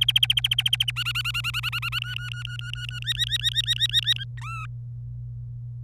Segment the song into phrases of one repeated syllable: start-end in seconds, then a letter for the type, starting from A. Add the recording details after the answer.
0.01-0.91 A, 0.96-1.99 B, 2.01-2.99 C, 3.02-4.24 D, 4.37-4.66 E. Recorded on 26 April 2018 at 08:50. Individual llb3